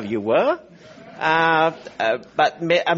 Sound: laughter

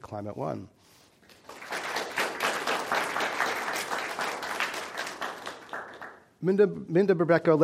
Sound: applause

